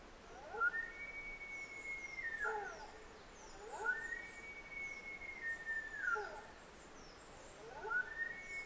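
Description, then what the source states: Sika deer calls: long high whistles that start rising, hold level, then drop steeply, repeated about every three and a half seconds, with faint bird chirps and low background hiss. Recorded 21 September 2009 at 05:55.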